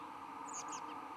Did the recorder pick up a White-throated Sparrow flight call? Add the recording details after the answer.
no. No flight call is heard. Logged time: 12:11 on 15 December 2014